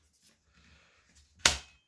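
A repaired Doublestrike toy foam dart blaster is primed, and after faint handling rustles its plastic priming catch engages with one sharp click at 1.5 s. The catch latches in, confirmed seated.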